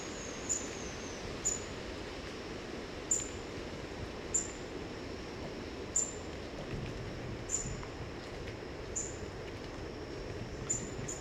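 White-browed foliage-gleaner calls: short, very high, sharp notes repeated about every one and a half seconds over a steady hissing background.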